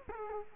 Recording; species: mosquito wingbeat signal from an infrared sensor; Culex quinquefasciatus